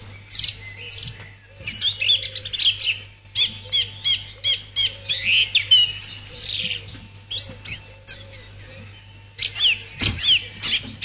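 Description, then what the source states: Song Thrush song: varied bright whistled and chattering phrases with brief pauses between them, over a low steady hum. Played from tape; numbers depend strongly on winters, falling after severe winters and growing after recent mild winters.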